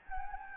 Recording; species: mosquito wingbeat signal from an infrared sensor; Anopheles gambiae